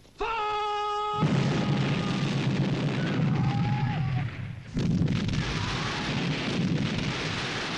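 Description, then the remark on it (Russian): A short sustained tone gives way to a loud volley of grapeshot from a row of British cannons fired at French troops, a heavy booming blast with a long roaring rumble, followed by a second burst of firing a few seconds later. “Расположение тел погибших от залпа картечи обозначает на земле последнее малое каре”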